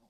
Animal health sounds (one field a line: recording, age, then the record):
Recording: pig call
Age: piglet (1 to 25 days)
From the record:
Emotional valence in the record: positive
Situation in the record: reunion after long isolation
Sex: male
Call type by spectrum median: low-frequency call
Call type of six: low-frequency stable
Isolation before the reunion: 8 minutes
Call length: 0.09 s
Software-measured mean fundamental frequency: 51 Hz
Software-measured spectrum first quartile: 322 Hz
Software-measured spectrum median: 830 Hz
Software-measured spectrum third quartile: 5061 Hz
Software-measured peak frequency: 225 Hz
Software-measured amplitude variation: 38 dB a second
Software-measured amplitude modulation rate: 5.4 a second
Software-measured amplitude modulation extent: 7.1 dB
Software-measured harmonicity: 3.2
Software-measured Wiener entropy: -2.88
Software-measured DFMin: 816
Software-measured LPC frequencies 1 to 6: 779, 2268, 3511, 4791, 5528, 6407 Hz